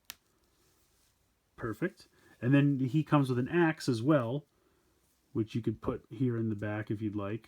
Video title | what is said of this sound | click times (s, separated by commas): Masters Of The Universe Origins Wave 1 - He-Man Review | fits over his hands and then clips on to his forearm like so perfect | 0.1 s